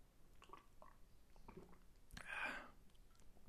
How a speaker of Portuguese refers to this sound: Só tomar um golinho de café antes que esfrie, só um minutinho, por favor.